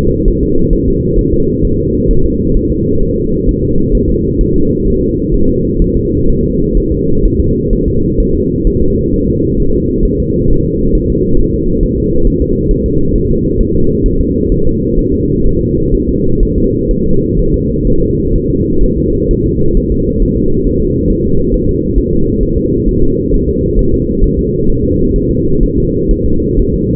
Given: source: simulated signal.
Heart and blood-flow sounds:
fetal heart sounds
0.28 s: S1
0.43 s: S2
0.73 s: S1
0.88 s: S2
1.19 s: S1
1.34 s: S2
1.65 s: S1
1.79 s: S2
2.11 s: S1
2.25 s: S2
2.57 s: S1
2.72 s: S2
3.03 s: S1
3.18 s: S2
3.49 s: S1
3.63 s: S2
3.95 s: S1
4.10 s: S2
4.41 s: S1
4.56 s: S2
4.88 s: S1
5.02 s: S2
5.34 s: S1
5.49 s: S2
5.82 s: S1
5.97 s: S2
6.29 s: S1
6.44 s: S2
6.77 s: S1
6.92 s: S2
7.25 s: S1
7.40 s: S2
7.73 s: S1
7.88 s: S2
8.20 s: S1
8.35 s: S2
8.67 s: S1
8.82 s: S2
9.14 s: S1
9.28 s: S2
9.60 s: S1
9.74 s: S2
10.05 s: S1
10.20 s: S2
10.51 s: S1
10.65 s: S2
10.95 s: S1
11.10 s: S2
11.39 s: S1
11.54 s: S2
11.83 s: S1
11.98 s: S2
12.27 s: S1
12.42 s: S2
12.71 s: S1
12.86 s: S2
13.16 s: S1
13.30 s: S2
13.60 s: S1
13.75 s: S2
14.06 s: S1
14.21 s: S2
14.52 s: S1
14.67 s: S2
14.99 s: S1
15.14 s: S2
15.46 s: S1
15.61 s: S2
15.94 s: S1
16.09 s: S2
16.43 s: S1
16.58 s: S2
16.91 s: S1
17.06 s: S2
17.39 s: S1
17.54 s: S2
17.87 s: S1
18.02 s: S2
18.36 s: S1
18.50 s: S2
18.84 s: S1
18.98 s: S2
19.31 s: S1
19.46 s: S2
19.77 s: S1
19.92 s: S2
20.22 s: S1
20.37 s: S2
20.67 s: S1
20.81 s: S2
21.10 s: S1
21.25 s: S2
21.54 s: S1
21.69 s: S2
21.98 s: S1
22.13 s: S2
22.43 s: S1
22.58 s: S2
22.89 s: S1
23.03 s: S2
23.34 s: S1
23.49 s: S2
23.79 s: S1
23.94 s: S2
24.24 s: S1
24.39 s: S2
24.70 s: S1
24.84 s: S2
25.16 s: S1
25.31 s: S2
25.63 s: S1
25.78 s: S2
26.11 s: S1
26.26 s: S2
26.59 s: S1
26.74 s: S2
From the record:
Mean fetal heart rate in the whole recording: 130 bpm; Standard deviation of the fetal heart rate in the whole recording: 4 bpm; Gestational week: 38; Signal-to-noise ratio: -16.4 dB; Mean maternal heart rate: 72 bpm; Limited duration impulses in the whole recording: present

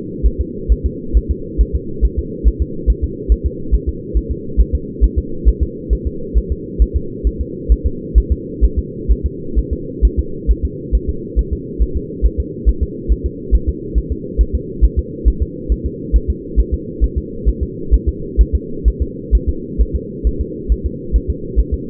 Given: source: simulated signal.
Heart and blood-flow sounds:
fetal heart sounds
0.26 s: S1
0.41 s: S2
0.72 s: S1
0.86 s: S2
1.17 s: S1
1.31 s: S2
1.61 s: S1
1.75 s: S2
2.05 s: S1
2.19 s: S2
2.47 s: S1
2.62 s: S2
2.90 s: S1
3.04 s: S2
3.32 s: S1
3.46 s: S2
3.74 s: S1
3.89 s: S2
4.17 s: S1
4.31 s: S2
4.60 s: S1
4.75 s: S2
5.04 s: S1
5.19 s: S2
5.48 s: S1
5.63 s: S2
5.93 s: S1
6.07 s: S2
6.38 s: S1
6.52 s: S2
6.82 s: S1
6.97 s: S2
7.27 s: S1
7.41 s: S2
7.72 s: S1
7.86 s: S2
8.18 s: S1
8.32 s: S2
8.64 s: S1
8.79 s: S2
9.11 s: S1
9.26 s: S2
9.58 s: S1
9.73 s: S2
10.05 s: S1
10.19 s: S2
10.51 s: S1
10.65 s: S2
10.95 s: S1
11.09 s: S2
11.39 s: S1
11.53 s: S2
11.82 s: S1
11.97 s: S2
12.26 s: S1
12.40 s: S2
12.69 s: S1
12.83 s: S2
13.12 s: S1
13.26 s: S2
13.55 s: S1
13.69 s: S2
13.98 s: S1
14.12 s: S2
14.41 s: S1
14.55 s: S2
14.84 s: S1
14.99 s: S2
15.28 s: S1
15.42 s: S2
15.72 s: S1
15.86 s: S2
16.16 s: S1
16.30 s: S2
16.60 s: S1
16.74 s: S2
17.04 s: S1
17.18 s: S2
17.49 s: S1
17.63 s: S2
17.94 s: S1
18.08 s: S2
18.41 s: S1
18.55 s: S2
18.88 s: S1
19.02 s: S2
19.35 s: S1
19.49 s: S2
19.81 s: S1
19.96 s: S2
20.27 s: S1
20.41 s: S2
20.72 s: S1
20.86 s: S2
21.16 s: S1
21.30 s: S2
21.59 s: S1
21.74 s: S2
From the record:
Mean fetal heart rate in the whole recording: 135 bpm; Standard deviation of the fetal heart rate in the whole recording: 3 bpm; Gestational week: 34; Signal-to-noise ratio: -4.3 dB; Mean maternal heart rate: 72 bpm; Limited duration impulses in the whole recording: absent

